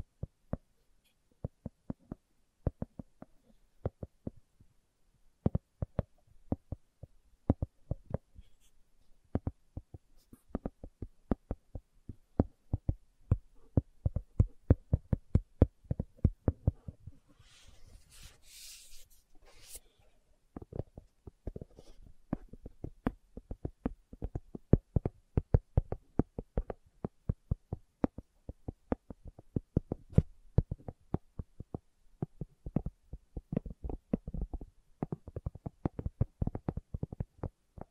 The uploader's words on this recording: ASMR Slow Tapping for Deep Sleep (No Talking).